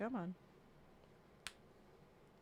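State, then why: Seated. Someone talks briefly, then a stiff plastic building brick piece is forced onto a model with full body effort and snaps home with one sharp, bright snap at 1.5 s. The piece is seated.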